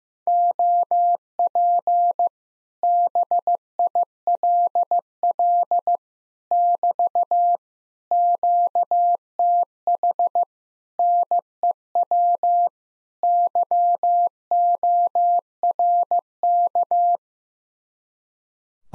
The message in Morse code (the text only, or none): OP BILL <BT> QTH NEW YORK